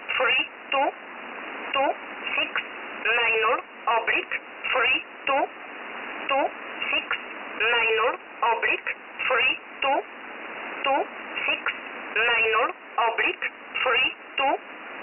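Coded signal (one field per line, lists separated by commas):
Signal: numbers station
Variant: E11 Oblique, English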